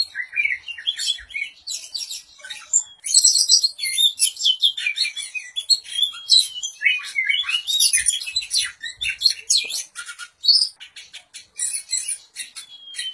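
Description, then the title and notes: Oriental magpie-robin song, a dense varied stream of sweet whistles, rapid chirps and harsh buzzy notes, mostly high-pitched, continuing without pause. "suara kacer. kumpulan suara burung kacer"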